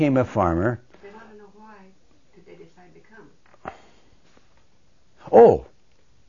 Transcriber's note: speaks off-mike